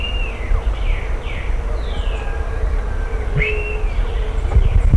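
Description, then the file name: Bird calls: several short descending whistled slurs in the first two seconds, then an arched whistle later, over constant low rumbling background noise. "SABIOD 50 bird 2015"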